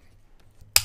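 A spring-loaded flip-up iron sight on the top rail of an airsoft rifle is folded down until it latches flat. Two faint ticks come at 0.4 and 0.6 seconds, then a sharp, loud click at 0.8 seconds as the sight locks in place.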